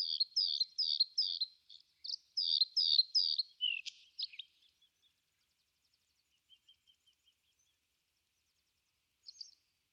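Bluethroat song: rapid run of repeated high, bouncy notes for about four seconds, then a few faint soft notes and a short final phrase.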